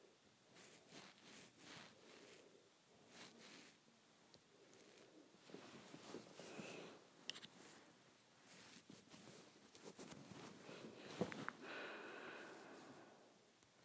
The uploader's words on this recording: ASMR Playing with my Hair.